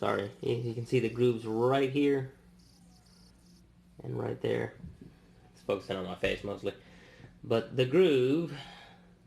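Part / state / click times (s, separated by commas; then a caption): tracker module into silicone wristband / not seated / none. A plastic fitness tracker module is being handled and lined up with the groove of a silicone wristband while someone talks. Speech and pauses fill most of the clip with faint handling noise between. Nothing has seated or clicked yet.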